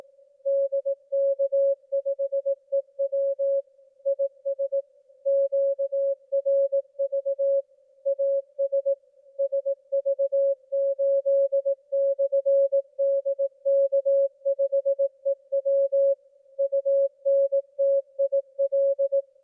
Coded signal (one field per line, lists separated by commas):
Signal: Morse code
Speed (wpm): 18 wpm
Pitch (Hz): 550 Hz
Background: music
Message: DK5EW IS QRV AS SV8/DK5EW UNTIL